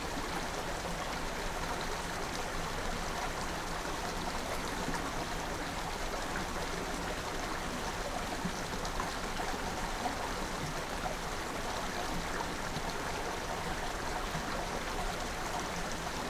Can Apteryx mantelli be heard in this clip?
no